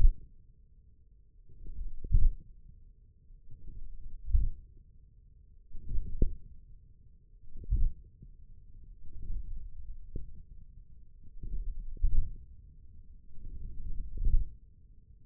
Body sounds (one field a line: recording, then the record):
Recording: forearm muscle sounds (acoustic myography)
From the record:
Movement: hook grip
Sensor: system 1, eight BSWA MPA416 microphones around the upper forearm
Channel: 3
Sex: male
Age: 28 years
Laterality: right